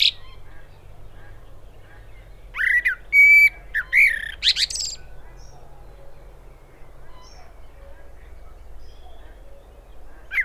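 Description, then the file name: Common blackbird delivering one phrase of fluting whistles and high twitters midway through, with quiet low hum before and after and a brief high note at the end. "Turdus merula"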